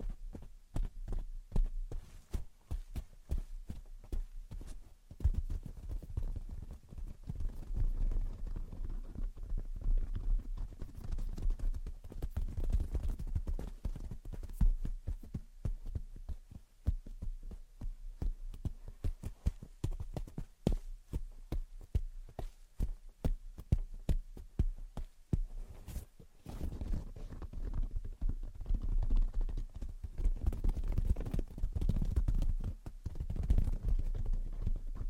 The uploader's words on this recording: Gentle Tapping and Scratching. (No Talking).